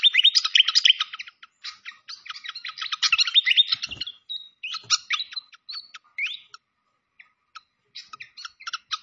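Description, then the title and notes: Malaysian pied fantail song with fast chattering phrases, a clear level whistle and a rising slur, then scattered sharp chirps after a pause. Masteran (training recording) of clear-voiced fantail song. "Masteran Sikatan Kipas Suara Jernih Dan Suara Gemericik Air. Suara Burung Sikatan Londo"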